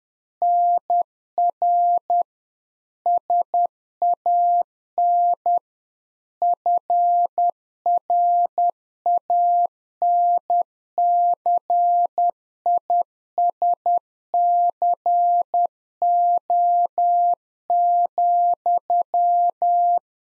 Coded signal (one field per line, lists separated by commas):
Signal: Morse code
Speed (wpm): 10 wpm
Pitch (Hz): 700 Hz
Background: none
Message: NR SAN FRANCISCO,